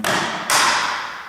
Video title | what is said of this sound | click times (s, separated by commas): uso xbox 360 repair training 12 the 360 type E | there it is snaps in place perfect and beautiful | 0.5 s